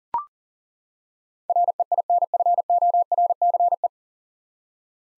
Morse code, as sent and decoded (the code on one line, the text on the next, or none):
.-. . .. -. ..-. --- .-. -.-. .
REINFORCE